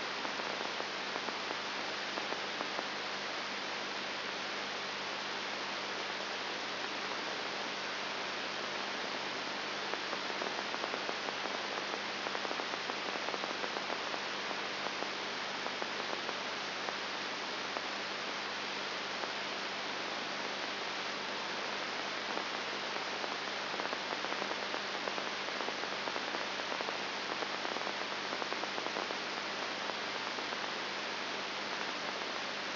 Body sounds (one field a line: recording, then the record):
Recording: brain microelectrode recording played as sound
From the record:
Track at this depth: inside the subthalamic nucleus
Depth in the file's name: 4.101 mm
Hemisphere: left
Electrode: 3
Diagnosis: Parkinson's disease